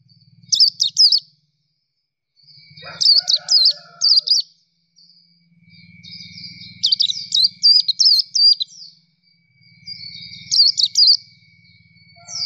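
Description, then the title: Nightingale song: rapid high warbled phrases repeated every few seconds, with a soft low hum behind. Training recording of song played to teach kept songbirds to sing. "nightingale masteran"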